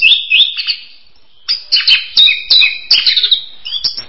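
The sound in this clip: Bird song, a rapid run of high chirps and trills with sharp, varied notes, broken by a short pause near one second, then resuming in quick bursts.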